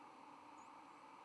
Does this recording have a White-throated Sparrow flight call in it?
no